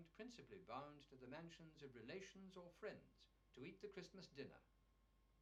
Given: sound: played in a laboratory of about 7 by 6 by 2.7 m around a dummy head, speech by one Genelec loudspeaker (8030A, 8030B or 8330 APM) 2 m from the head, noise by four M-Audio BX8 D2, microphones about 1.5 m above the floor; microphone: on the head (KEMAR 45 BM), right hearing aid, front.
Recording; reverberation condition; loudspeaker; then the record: male speech in English; low; 60 degrees to the right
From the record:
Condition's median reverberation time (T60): about 310 ms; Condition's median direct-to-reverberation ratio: about 3.5 dB